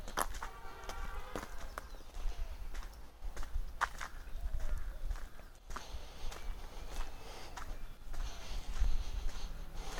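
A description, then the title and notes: On a breezy morning walk in the Nilgiris, footsteps tap steadily under a low wind rumble, with brief clicks and faint birdlike chirps. Morning walkthrough at the Nilgiris. A pleasant morning walk at the breezy roads of nilgiris.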